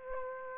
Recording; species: mosquito wingbeat signal from an infrared sensor; Aedes aegypti